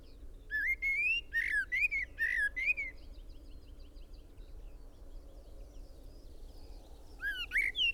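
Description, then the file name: Common blackbird song: rich fluted whistles sliding up and down in a run during the first three seconds, then another phrase near the end, over a steady low hum. "Turdus merula"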